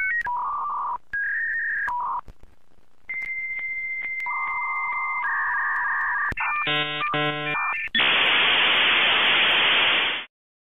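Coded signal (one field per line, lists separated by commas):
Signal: dial-up modem handshake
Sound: steady tones and warbles, a high answer tone, rapid chirpy bursts, then loud hiss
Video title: Sound Effects "Dial Up Internet" #soundeffect #soundeffects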